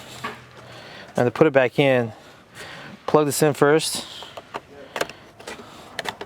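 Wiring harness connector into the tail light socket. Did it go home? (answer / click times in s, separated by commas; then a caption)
yes / 6.0 s. Someone talks while plugging the plastic wiring harness connector into the socket on the back of a 2020 Subaru Outback tail light before refitting it. After a few soft handling taps, a sharp click at 6.0 s shows the connector is seated.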